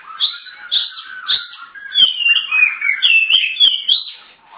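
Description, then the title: Magpie-robin song: varied whistled and warbled phrases, some sliding, others short and chirpy, delivered rapidly in an unbroken run with no other sounds. "Kacer4"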